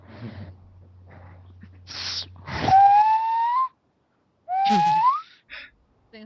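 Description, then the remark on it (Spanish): A nose whistle sounds after a few breathy puffs: two airy, sliding tones that bend upward in pitch, separated by a brief silence, followed by short soft blows. “Es un silbato de nariz.”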